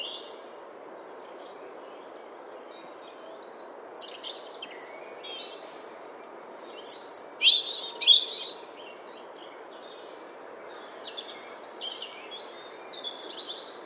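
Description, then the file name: European robin singing softly: scattered high, thin notes build into one brief rich phrase of slurred whistles midway, then trail off into faint fragments over steady hiss. "Erithacus rubecula"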